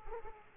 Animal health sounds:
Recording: mosquito wingbeat signal from an infrared sensor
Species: Aedes aegypti

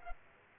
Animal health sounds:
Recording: mosquito wingbeat signal from an infrared sensor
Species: Aedes aegypti

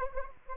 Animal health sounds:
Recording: mosquito wingbeat signal from an infrared sensor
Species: Anopheles arabiensis

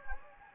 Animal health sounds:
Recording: mosquito wingbeat signal from an infrared sensor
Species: Anopheles gambiae

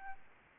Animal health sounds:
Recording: mosquito wingbeat signal from an infrared sensor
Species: Aedes albopictus

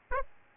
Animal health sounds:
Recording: mosquito wingbeat signal from an infrared sensor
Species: Aedes albopictus

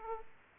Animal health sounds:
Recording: mosquito wingbeat signal from an infrared sensor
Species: Aedes aegypti

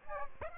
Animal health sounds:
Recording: mosquito wingbeat signal from an infrared sensor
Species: Aedes aegypti

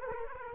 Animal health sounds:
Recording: mosquito wingbeat signal from an infrared sensor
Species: Culex quinquefasciatus

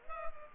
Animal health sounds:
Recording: mosquito wingbeat signal from an infrared sensor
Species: Culex pipiens

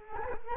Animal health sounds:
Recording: mosquito wingbeat signal from an infrared sensor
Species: Culex quinquefasciatus

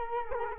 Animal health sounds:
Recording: mosquito wingbeat signal from an infrared sensor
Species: Culex quinquefasciatus

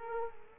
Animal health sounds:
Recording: mosquito wingbeat signal from an infrared sensor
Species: Culex quinquefasciatus

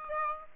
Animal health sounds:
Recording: mosquito wingbeat signal from an infrared sensor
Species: Aedes aegypti

